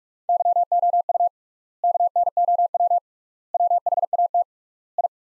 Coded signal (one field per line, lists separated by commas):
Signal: Morse code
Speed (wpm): 42 wpm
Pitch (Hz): 700 Hz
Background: none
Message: YOU KNOW WHAT I